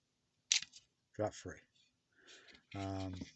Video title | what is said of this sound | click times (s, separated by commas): Nvoke Glock 43 Mag Release Modification for P80/SS80 Frames Follow-up. | audible click | 0.5 s